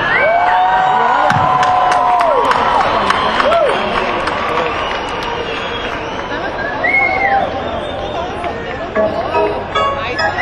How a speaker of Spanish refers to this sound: El aplauso sigue siendo para ti.